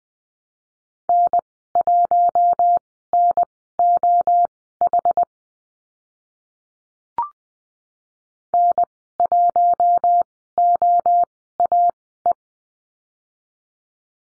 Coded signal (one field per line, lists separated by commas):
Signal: Morse code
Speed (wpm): 20 wpm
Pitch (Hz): 700 Hz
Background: none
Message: N1NOH N1OAE